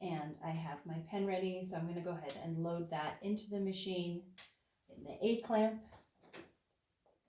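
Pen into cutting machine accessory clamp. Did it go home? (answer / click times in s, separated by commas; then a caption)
yes / 6.3 s. Someone talks while a pen is loaded into the A clamp of a Cricut cutting machine. The pen is pushed down and snaps into place with a short click at 6.3 s, showing it is seated.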